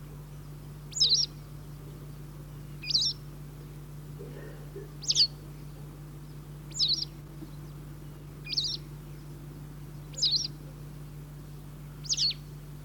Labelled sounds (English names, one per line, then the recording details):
White Wagtail song
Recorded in the wild
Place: Chudjirt, MN
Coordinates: 47.013, 102.255
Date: 1979-06-06 04:45
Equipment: Nagra III BH, Sennheiser MD 21, parabola
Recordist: Schubert, Michael